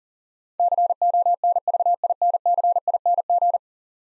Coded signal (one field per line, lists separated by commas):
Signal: Morse code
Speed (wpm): 40 wpm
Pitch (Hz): 700 Hz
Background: none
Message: CONVINCING